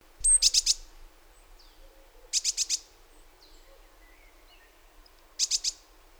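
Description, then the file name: Great tit calls: three short bursts of a few rapid, harsh notes, separated by pauses of a few seconds. "Parus major"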